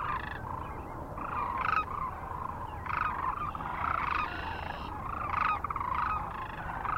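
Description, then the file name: Sandhill Crane chorus, many overlapping rolling, rattling calls running almost continuously, with steady low-pitched background rumble. Recorded 9 March 2004 near Kearney, Nebraska, together with other sounds. "2004-03-09 SACRandmore Kerney NE"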